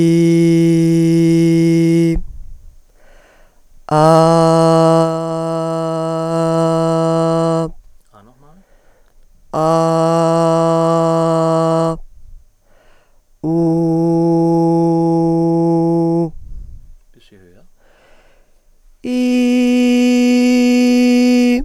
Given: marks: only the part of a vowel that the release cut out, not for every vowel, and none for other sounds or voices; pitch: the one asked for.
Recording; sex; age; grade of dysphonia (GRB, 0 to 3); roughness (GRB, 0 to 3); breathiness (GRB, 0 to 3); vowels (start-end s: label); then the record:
sustained vowels; female; 20 to 29 years; 2; 2; 2
0.00-1.88 s: vowel /i/, normal pitch
6.43-7.54 s: vowel /a/, normal pitch
13.87-15.85 s: vowel /u/, normal pitch
19.19-21.43 s: vowel /i/, high pitch
From the record:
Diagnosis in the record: hyperfunctional dysphonia, dysodia (singing voice disorder); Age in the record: 29 years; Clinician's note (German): Sehr schnelles Sprechtempo, enge Artikulation